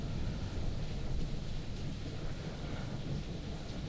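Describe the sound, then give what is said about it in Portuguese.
Heavy rain from a huge storm pours down in a steady, dense hiss, heard from inside a parked car in Cruzeiro, São Paulo, Brazil, while a deep, continuous rumble of thunder rolls underneath. No voices, just the unbroken roar of the storm for about four seconds. “E agora uma tempestade gigantesca que eu”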